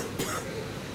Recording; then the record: coughing mixed with background sound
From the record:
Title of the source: 30 Chesty and wet cough